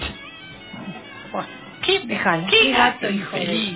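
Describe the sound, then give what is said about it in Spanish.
A cat lets out several drawn-out, wavering meows in quick succession, growing louder toward the end, with people's voices talking around them. “¿Qué gato infeliz?”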